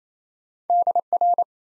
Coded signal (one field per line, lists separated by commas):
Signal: Morse code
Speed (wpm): 27 wpm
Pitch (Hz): 700 Hz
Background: none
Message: DR